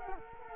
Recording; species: mosquito wingbeat signal from an infrared sensor; Culex quinquefasciatus